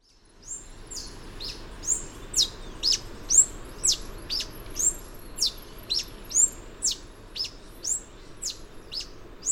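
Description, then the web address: Yellow-throated bush tanager giving a steady series of sharp, high chip notes, about two per second, over a soft background hiss. Recorded in Ecuador. "Natures Songs S America Birds of Ecuador Yellow-throated Bush-Tanager"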